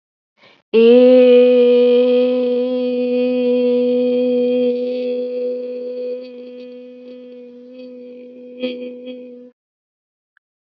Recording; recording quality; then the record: sustained vowel as in made; excellent, no background noise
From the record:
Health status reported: COVID-19 positive, no symptoms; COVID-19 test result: positive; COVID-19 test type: RT-PCR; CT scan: not taken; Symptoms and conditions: none ticked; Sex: female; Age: 25 years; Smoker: no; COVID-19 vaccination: both doses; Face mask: not worn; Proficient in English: yes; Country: India